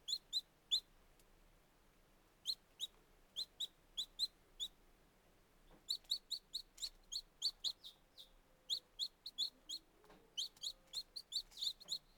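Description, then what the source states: Chicken chicks uttering shrill, high peeps in loose clusters, pausing briefly, then calling faster with overlapping notes toward the end. Very young chicks.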